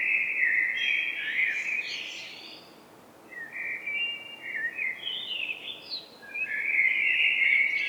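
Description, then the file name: Common blackbird song: a rich warbled phrase with a high twittery flourish, a pause, then choppy fluting notes and another full mellow phrase. "Turdus merula"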